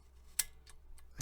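A piston valve with a nylon guide is put back into the metal valve casing of a Bach Stradivarius Large Bore 25G trumpet, inserted 90 degrees out and then turned until the guide drops into its slot. A sharp, bright click at 0.4 s marks the valve seating, followed by fainter ticks at 0.7, 1.0 and 1.2 s.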